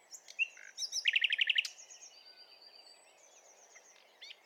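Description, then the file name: Common nightingale song: a few chirps, then a quick burst of loud repeated notes, fading into soft high whistles. "Luscinia megarhynchos"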